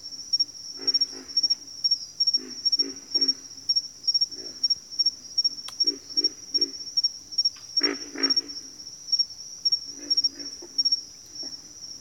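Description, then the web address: Pig frogs grunting: deep, rough pulsed notes in scattered clusters, beneath a continuous shrill insect tone. "Sleep Sounds of Nature. Pig Frogs"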